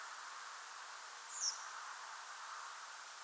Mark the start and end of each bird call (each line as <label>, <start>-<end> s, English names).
Redwing, 1.27-1.53 s